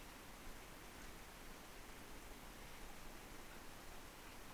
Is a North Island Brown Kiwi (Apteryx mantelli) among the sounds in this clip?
no